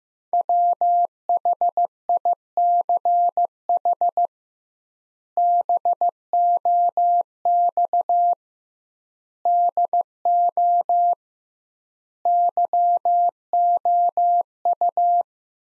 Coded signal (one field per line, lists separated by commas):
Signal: Morse code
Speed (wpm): 15 wpm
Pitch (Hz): 700 Hz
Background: none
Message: WHICH BOX DO YOU